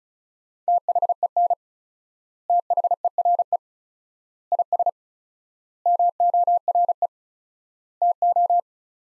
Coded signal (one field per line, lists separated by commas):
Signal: Morse code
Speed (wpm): 34 wpm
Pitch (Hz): 700 Hz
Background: none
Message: THEN THERE IS MORE TO